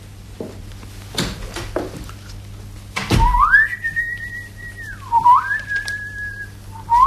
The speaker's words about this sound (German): Ich bitte den Hörer, dieses Pfeifen unseres …, aus dem Rosenkavalier, wenn ich nicht irre, in keiner Weise zu missdeuten.